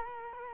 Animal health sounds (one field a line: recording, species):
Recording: mosquito wingbeat signal from an infrared sensor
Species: Culex quinquefasciatus